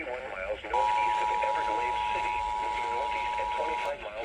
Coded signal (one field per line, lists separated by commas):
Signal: Emergency Alert System (SAME) tones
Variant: 853 and 960 Hz attention tone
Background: speech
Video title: NWS Miami Severe Thunderstorm Warning #2 (5/30/24) (New EAS 476)